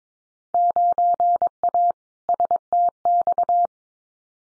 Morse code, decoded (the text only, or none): 9A STX